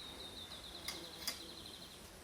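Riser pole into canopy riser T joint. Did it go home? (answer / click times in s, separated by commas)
no / none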